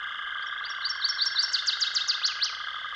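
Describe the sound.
Northern waterthrush song of quick, sharp chips building into loud descending slurs, set against a steady high-pitched drone.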